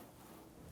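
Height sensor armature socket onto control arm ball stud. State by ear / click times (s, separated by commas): not seated / none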